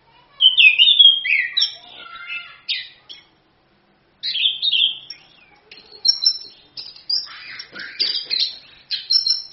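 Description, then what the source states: Orange-headed thrush song of sweet slurred whistles and quick twitters in bursts, a clear silent break, then rapid chattering phrases resuming. Masteran song of the thrush, meant as a pancingan lure to prompt another bird to sing; song described as gacor (vigorous) and ngerol (continuous rolling).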